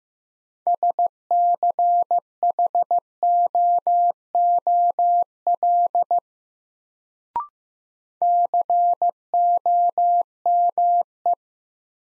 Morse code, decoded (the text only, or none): SCHOOL COME